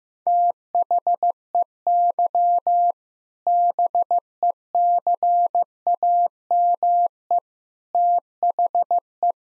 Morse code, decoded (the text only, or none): THEY BECAME THE